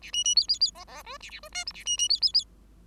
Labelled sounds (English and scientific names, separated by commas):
Bengalese Finch (Lonchura striata domestica) song